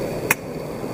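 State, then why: Partly seated. A box magazine is banged into the magazine well of a box-fed shotgun, and a single sharp click sounds at 0.3 s over low background noise. Despite the click, the magazine is not fully seated in the well.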